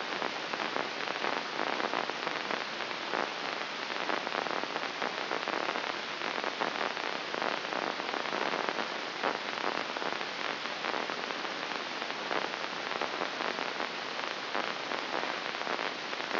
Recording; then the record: brain microelectrode recording played as sound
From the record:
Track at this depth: inside the subthalamic nucleus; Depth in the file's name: 3.228 mm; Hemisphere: left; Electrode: 2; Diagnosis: Parkinson's disease